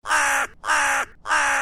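Crow cawing in three harsh, raspy, evenly spaced calls, each under half a second long.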